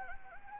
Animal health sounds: mosquito wingbeat signal from an infrared sensor; Anopheles gambiae

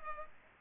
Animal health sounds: mosquito wingbeat signal from an infrared sensor; Culex pipiens

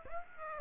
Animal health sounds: mosquito wingbeat signal from an infrared sensor; Aedes aegypti

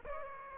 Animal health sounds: mosquito wingbeat signal from an infrared sensor; Aedes aegypti

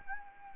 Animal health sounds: mosquito wingbeat signal from an infrared sensor; Anopheles arabiensis

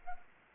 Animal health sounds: mosquito wingbeat signal from an infrared sensor; Anopheles arabiensis

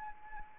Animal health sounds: mosquito wingbeat signal from an infrared sensor; Anopheles arabiensis

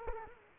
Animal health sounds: mosquito wingbeat signal from an infrared sensor; Culex quinquefasciatus

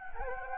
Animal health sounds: mosquito wingbeat signal from an infrared sensor; Anopheles gambiae

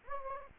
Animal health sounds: mosquito wingbeat signal from an infrared sensor; Anopheles gambiae

